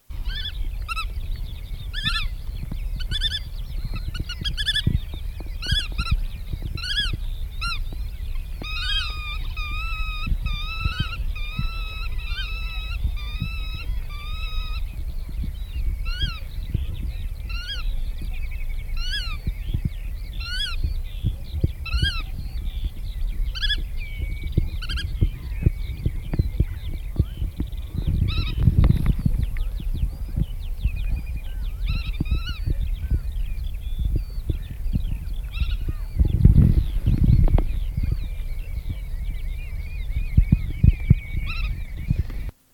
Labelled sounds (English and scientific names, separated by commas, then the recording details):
Black-tailed Godwit (Limosa limosa) call
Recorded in the wild
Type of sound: call
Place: Insel Kirr, Barther Bodden, Mecklenburg-Vorpommern, DE
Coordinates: 54.421, 12.705
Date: 1970-05-24
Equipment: Nagra III BH, Sennheiser MD 421
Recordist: Schubert, Michael
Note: Uferschnepfe (Griffgeräusche!) (24. - 25. 5. 1970)